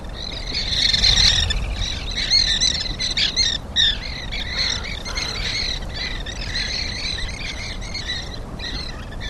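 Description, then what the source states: Shorebird flock calls: dense, overlapping squeaky twittering notes chattering almost continuously, loudest in the first seconds, over a low rumbling background. Recorded at Port Krestof on 20 February 2010.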